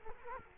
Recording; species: mosquito wingbeat signal from an infrared sensor; Culex quinquefasciatus